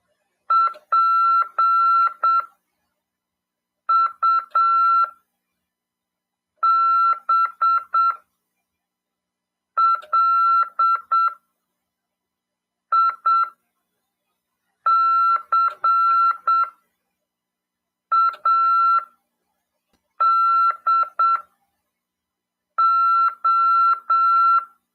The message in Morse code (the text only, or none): PUBLICADO